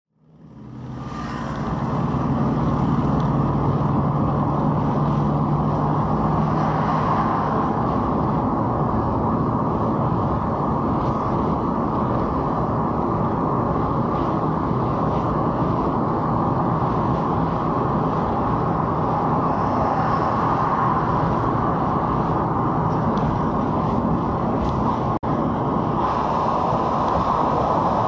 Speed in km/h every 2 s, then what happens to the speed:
74, 74, 74, 76, 78, 80, 82, 84, 86, 84, 85, 82, 81, 80.
0-15 speeds up to 86. 15-28 steady at about 82.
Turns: none.